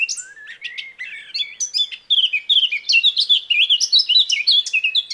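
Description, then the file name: Eurasian blackcap singing a continuous, hurried warble of sweet high notes, chirps and quick slurred phrases, growing louder after the first two seconds. "Sylvia atricapilla"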